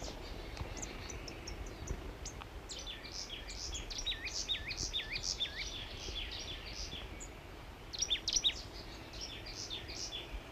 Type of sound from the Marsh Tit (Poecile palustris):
song